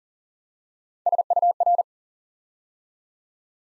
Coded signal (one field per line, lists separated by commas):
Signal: Morse code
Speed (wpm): 42 wpm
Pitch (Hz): 700 Hz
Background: none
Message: SUR